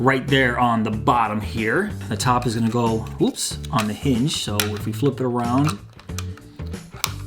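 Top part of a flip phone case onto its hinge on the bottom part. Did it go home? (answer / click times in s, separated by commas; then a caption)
yes / 7.0 s. The top half of a plastic flip phone case is flipped around and pressed onto the hinge of the bottom half while someone talks. A few small clicks and taps are heard. A sharp, loud snap at 7.0 s marks the top seating onto the hinge.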